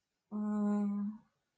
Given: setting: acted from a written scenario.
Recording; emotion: vocal sound without words; sympathy